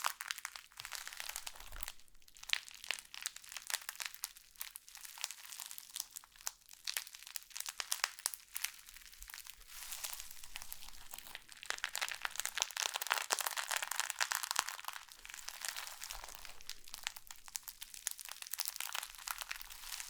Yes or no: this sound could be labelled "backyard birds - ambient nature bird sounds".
no